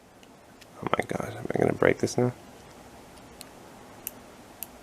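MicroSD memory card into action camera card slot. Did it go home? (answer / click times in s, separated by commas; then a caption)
yes / 4.6 s. A microSD memory card is pushed deep into the card slot of an AEE Lyfe Silver action camera with the tip of a pair of scissors. Someone talks, then a few faint ticks follow. The card clicks and latches into place at 4.6 s.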